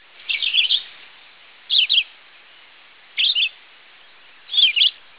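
Red-eyed vireo singing, four short warbled phrases about one and a half seconds apart, in near silence.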